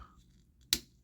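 A plastic knee hinge joint from a Blokees Doublestator brick-built combiner robot figure is pushed into the first bicep socket of the arm, going in without force. After faint low handling noise, a single sharp, bright snap sounds at 0.7 s and quickly fades. The hinge joint is seated in the socket.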